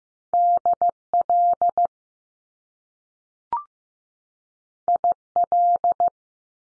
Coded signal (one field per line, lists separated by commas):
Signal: Morse code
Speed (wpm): 15 wpm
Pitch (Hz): 700 Hz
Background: none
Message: D L I L